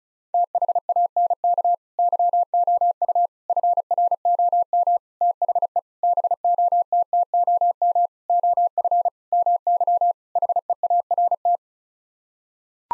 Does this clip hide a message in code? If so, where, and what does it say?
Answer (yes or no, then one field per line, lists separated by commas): yes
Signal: Morse code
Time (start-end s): 0.3-11.6 s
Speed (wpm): 36 wpm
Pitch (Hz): 700 Hz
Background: none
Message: THANK YOU FROM THE BOTTOM OF MY HEART